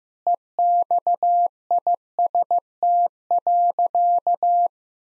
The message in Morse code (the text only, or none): EXIST.